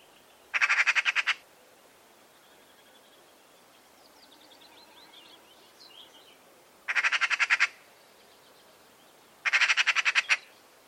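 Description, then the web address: Bird call: three bursts of fast, harsh pulsed notes, each about eight notes long, with faint twittering in the quiet gaps between them. Call type labelled "Pi Pi Pi Pi" in a bird-only sound dataset. "Deverinetal 2025 File origin Bird Only"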